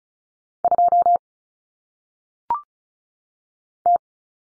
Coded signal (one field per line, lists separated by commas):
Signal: Morse code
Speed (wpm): 36 wpm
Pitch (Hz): 700 Hz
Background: none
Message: 2 T